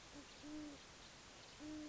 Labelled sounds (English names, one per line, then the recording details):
Great Horned Owl
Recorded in Sonoma County, California